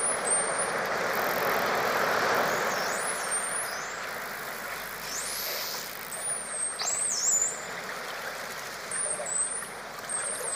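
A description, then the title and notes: Dolphins whistle over a steady, dense underwater hiss. High, thin whistles sweep and curve upward several times, around the third, fifth to seventh, and ninth to tenth seconds, some as rising arcs. A low, even rumble stays underneath throughout. Dolphin Sounds Deep Underwater.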